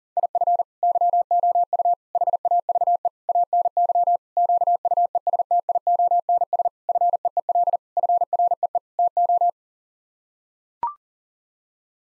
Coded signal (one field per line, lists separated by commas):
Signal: Morse code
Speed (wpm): 40 wpm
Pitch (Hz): 700 Hz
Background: none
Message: IF YOU HAVE ANY QUESTIONS FEEL FREE TO